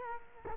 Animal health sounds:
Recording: mosquito wingbeat signal from an infrared sensor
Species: Culex quinquefasciatus

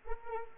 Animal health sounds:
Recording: mosquito wingbeat signal from an infrared sensor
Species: Culex quinquefasciatus

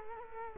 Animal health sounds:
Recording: mosquito wingbeat signal from an infrared sensor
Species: Culex quinquefasciatus

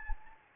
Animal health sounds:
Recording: mosquito wingbeat signal from an infrared sensor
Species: Anopheles gambiae

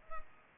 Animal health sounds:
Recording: mosquito wingbeat signal from an infrared sensor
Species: Culex pipiens

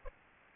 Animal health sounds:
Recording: mosquito wingbeat signal from an infrared sensor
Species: Aedes albopictus

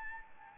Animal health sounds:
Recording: mosquito wingbeat signal from an infrared sensor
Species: Anopheles arabiensis

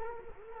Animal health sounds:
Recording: mosquito wingbeat signal from an infrared sensor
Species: Culex quinquefasciatus

